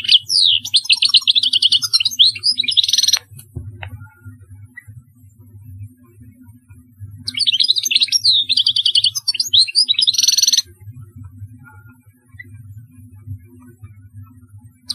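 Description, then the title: European goldfinch sings two three-second bursts of quick twitters and nasal buzzes, each followed by long gaps filled with a steady low hum. "Chant Chardonneret"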